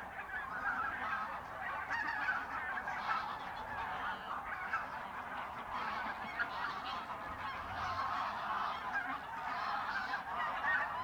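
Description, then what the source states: Goose: geese calling constantly as a large flock, a thick wash of honks rising and falling in loudness. Geese at the re-naturalised Polder Glies, Sellstedt, Germany, 9 November 2020; binaural ORTF pair of t.bone SC 140 microphones with Rycote windjammer, TASCAM DR100 MK3.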